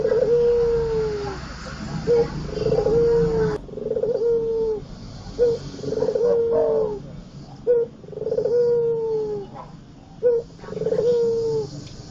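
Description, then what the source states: Barbary dove cooing: a short clipped note followed by a long purring, slightly falling coo, repeated roughly every two and a half seconds, with a faint background hiss. Tutor song for training songbirds; white dove.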